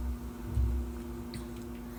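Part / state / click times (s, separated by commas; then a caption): brake cartridge into table saw mounting pins / not seated / none. A SawStop table saw brake cartridge is handled and aligned on its mounting pin inside the saw cabinet, to be slid over and pushed until it snaps into place. A steady low hum runs throughout, with soft handling rustles and a brief faint tick at about 1.3 seconds. Nothing has seated or clicked into place yet.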